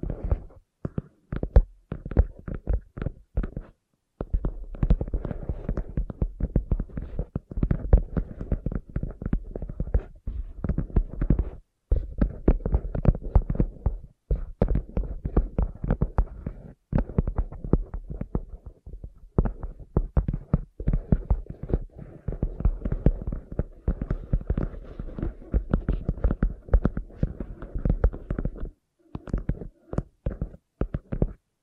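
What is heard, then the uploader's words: Sensitive tapping comes in rapid, dense bursts of soft, muffled knocks with a low thudding body, almost like a heartbeat. The taps run nearly continuously, broken by brief silent gaps around 4, 12, 17 and 29 seconds, with a faint low hum underneath. ASMR Sensitive Tapping (No Talking).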